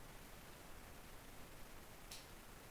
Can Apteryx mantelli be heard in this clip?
no